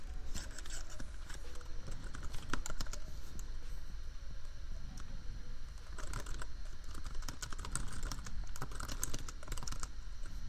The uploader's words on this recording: Typing. No Talking. Just a lazy evening of keyboard tapping, royalty-free lofi beats, and an annoying laptop fan hum that no amount of equalizers or compressors could ever truly remove.